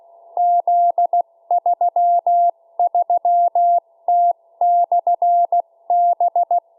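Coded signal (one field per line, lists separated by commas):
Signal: Morse code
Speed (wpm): 16 wpm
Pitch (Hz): 700 Hz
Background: none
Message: Z33T/B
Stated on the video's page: Homemade automatic 144 MHz beacon, four transistors and a microcontroller, 0.1 W, vertical J-antenna, continuously sending Morse.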